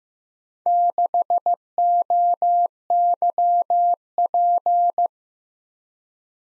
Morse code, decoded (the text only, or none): 6OYP